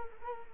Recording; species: mosquito wingbeat signal from an infrared sensor; Culex quinquefasciatus